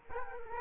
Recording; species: mosquito wingbeat signal from an infrared sensor; Culex quinquefasciatus